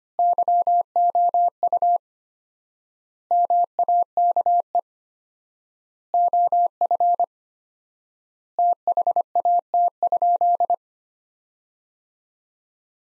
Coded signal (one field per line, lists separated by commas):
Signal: Morse code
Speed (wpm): 25 wpm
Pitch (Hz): 700 Hz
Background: none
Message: YOU MAKE OF THAT?